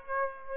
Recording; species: mosquito wingbeat signal from an infrared sensor; Aedes aegypti